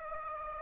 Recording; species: mosquito wingbeat signal from an infrared sensor; Aedes aegypti